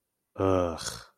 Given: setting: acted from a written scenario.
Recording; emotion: vocal sound without words; contempt